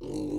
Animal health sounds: pig call; weaner (32 to 43 days)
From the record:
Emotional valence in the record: negative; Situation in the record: novel object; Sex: female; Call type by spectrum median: low-frequency call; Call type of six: low-frequency stable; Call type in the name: low-frequency stable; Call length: 0.39 s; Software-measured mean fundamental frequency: 49 Hz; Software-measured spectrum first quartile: 271 Hz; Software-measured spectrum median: 341 Hz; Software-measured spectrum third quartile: 553 Hz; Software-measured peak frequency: 303 Hz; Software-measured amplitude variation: 102 dB a second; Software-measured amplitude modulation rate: 31.7 a second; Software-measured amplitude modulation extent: 3.2 dB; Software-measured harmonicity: 4.3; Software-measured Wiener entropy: -0.47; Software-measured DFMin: 1855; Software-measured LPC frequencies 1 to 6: 345, 2848, 4315, 5908, 6681, 7957 Hz

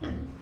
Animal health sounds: pig call; growing-finishing pig (85 days or more)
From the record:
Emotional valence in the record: negative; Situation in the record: barren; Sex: female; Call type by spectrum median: low-frequency call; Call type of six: low-frequency stable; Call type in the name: low-frequency stable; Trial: 1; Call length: 0.42 s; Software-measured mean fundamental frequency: 56 Hz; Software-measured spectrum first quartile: 120 Hz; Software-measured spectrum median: 257 Hz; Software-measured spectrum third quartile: 532 Hz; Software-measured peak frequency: 290 Hz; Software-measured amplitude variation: 133 dB a second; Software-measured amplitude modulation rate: 23.6 a second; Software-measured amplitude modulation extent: 5.6 dB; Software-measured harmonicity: -0.9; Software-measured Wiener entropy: -0.18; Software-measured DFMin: 1000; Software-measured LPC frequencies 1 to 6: 309, 1246, 1850, 3294, 5353, 6088 Hz

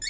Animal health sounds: pig call; weaner (32 to 43 days)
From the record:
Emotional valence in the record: negative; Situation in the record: short isolation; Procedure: open field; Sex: female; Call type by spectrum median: high-frequency call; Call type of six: high-frequency stable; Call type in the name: high-frequency stable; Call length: 0.10 s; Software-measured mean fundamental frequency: 174 Hz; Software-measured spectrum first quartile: 3406 Hz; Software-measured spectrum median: 5119 Hz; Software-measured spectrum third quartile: 7072 Hz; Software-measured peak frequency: 4442 Hz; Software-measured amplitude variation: 80 dB a second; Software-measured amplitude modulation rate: 14.2 a second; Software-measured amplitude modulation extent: 5.6 dB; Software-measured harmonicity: 11.4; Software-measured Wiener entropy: -4.16

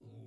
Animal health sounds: pig call; weaner (32 to 43 days)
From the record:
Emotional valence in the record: negative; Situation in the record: restrain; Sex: male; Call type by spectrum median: low-frequency call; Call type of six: low-frequency stable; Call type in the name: low-frequency stable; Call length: 0.27 s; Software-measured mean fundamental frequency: 54 Hz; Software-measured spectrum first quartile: 112 Hz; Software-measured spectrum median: 178 Hz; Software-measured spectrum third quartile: 394 Hz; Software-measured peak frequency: 115 Hz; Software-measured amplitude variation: 91 dB a second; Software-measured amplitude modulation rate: 18.3 a second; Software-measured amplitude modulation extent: 5.0 dB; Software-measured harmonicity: -4.2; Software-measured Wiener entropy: 0.71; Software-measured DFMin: 1492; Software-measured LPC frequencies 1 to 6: 2423, 3537, 4886, 5757, 7050, 8523 Hz

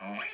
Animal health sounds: pig call; piglet (1 to 25 days)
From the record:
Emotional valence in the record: negative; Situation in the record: long isolation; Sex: female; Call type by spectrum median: low-frequency call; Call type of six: mixed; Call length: 0.34 s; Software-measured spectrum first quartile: 649 Hz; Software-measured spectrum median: 1725 Hz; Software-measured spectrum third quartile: 2772 Hz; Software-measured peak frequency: 2366 Hz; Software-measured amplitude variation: 90 dB a second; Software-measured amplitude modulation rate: 24.9 a second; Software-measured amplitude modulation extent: 3.6 dB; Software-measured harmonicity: 2.1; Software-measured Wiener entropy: -1.46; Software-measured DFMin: 565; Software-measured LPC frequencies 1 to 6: 761, 1659, 2387, 3070, 5009, 6521 Hz

